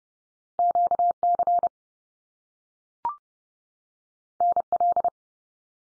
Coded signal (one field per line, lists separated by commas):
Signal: Morse code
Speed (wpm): 30 wpm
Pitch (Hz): 700 Hz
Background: none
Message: QC NL